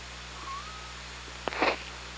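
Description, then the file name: Killer whale call: a faint, steady tone, then a short, loud, buzzy pulsed burst with rich overtones, over constant low hydrophone hum and hiss. OrcaLab hydrophone, 24 August 2017, 17:57:32. "Orca Lab 20170824 175732"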